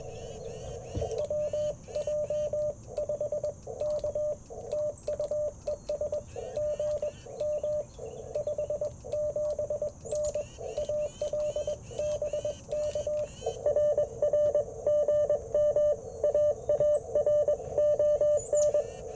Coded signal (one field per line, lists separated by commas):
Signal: Morse code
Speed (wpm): 21 wpm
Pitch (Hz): 590 Hz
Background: radio noise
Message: WJ5K TU ES GM 57N AL BK RR GM AARON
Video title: Morning Morse Code - 09/24/2024